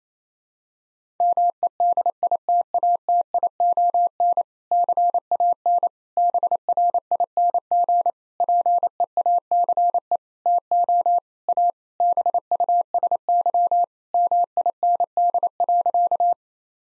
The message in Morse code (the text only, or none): MEDITATION CAN BRING PEACE TO A BUSY MIND.